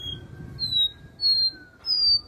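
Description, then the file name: Seedeater song: a few clear, high whistled notes, each about a third of a second long, over a faint whine and low background rumble. "canto do caboclinho"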